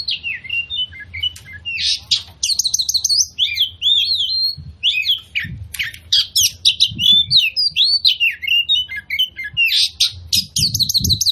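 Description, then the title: Oriental magpie-robin pouring out a long energetic song mixing slurred whistles, scratchy trills and repeated sharp notes, with low rumbling noise underneath. Persistent full-burst song, used as a lure to provoke other magpie-robins into fighting, fanning their tails and displaying. "KACER NGOTOT FULL TEMBAKAN. Pancingan Kacer Gacor Plong Plongan Buat Kacer Lain Auto Emosi Buka Ekor Ngobra"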